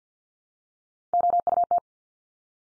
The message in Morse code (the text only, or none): OUT